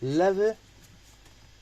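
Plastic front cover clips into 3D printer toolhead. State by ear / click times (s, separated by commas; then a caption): not seated / none. Someone briefly talks while the plastic front cover of a Bambu Lab A1 / A1 Mini 3D printer toolhead is hooked on at the top and pushed in from below. The rest is faint low background noise. Nothing has clicked or seated yet.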